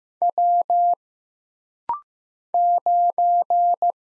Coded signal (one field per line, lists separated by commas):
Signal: Morse code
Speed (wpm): 15 wpm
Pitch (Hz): 700 Hz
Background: none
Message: W 9